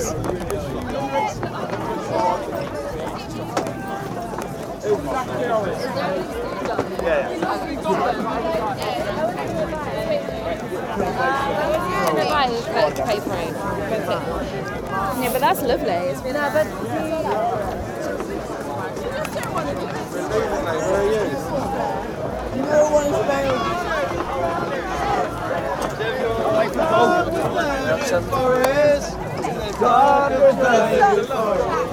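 A night walk through Glastonbury festival, from the big GLASTONBURY sign by the Park Stage back toward a tent. Many voices talk and chatter continuously around the walker, a dense, steady babble with occasional louder nearby speech. It grows slightly busier in the last ten seconds.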